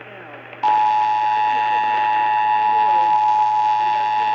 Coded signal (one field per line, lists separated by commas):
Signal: Emergency Alert System (SAME) tones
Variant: 853 and 960 Hz attention tone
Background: speech